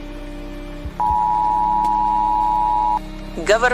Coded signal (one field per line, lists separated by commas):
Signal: Emergency Alert System (SAME) tones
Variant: 853 and 960 Hz attention tone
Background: speech